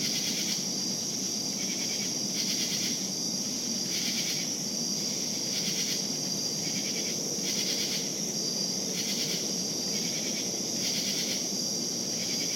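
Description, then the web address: Continuous shrill cricket trill with rhythmic pulsed bursts from other crickets repeating about every one and a half seconds throughout. Crickets calling at night in savannah. "lynne-publishing Night Crickets Savannah"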